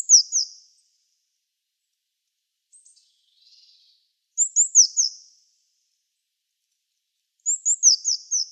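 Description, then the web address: Eurasian blue tit calls, three bursts of several high, steeply falling notes, with a few faint softer notes between them. "cianscape. Deverinetal"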